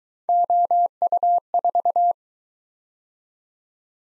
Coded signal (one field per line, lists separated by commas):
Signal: Morse code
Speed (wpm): 23 wpm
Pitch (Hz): 700 Hz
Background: none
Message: OU4